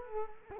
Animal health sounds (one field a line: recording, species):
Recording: mosquito wingbeat signal from an infrared sensor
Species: Culex quinquefasciatus